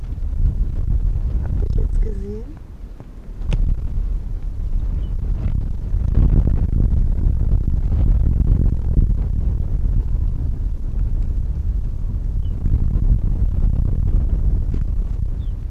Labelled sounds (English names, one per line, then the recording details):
Arctic Fox
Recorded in the wild
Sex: male
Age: adult
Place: Insel Mednyi, Kommandeur-Inseln, RU
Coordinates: 54.5167, 168.083
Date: 1999-07-12 17:24
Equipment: Sony WM-D6C, Sennheiser ME 80, K 30 AV, Windkorb, Kopie Sony TCD-D8
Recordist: Jakupi, Antje
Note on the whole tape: Südosten der Insel, Haupttal, weisse Stange: 12 Bellstrophen von Rüden grün/grün 68. Tier kommt auf Weg von Weggabelung zur Bambusstange. Entfernung ca. 80 m